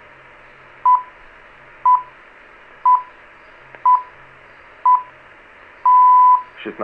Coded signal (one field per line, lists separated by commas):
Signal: radio time signal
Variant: time pips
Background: speech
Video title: LW: BNR Horizont 261 KHz Vakarel, Bulgaria 2012-06-03